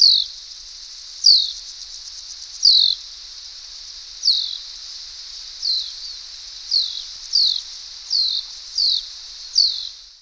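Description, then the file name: Common house martin flight calls: several short, downward-sliding notes at irregular intervals, over a steady high insect-like hiss. "Mehlschwalbe Flugrufe"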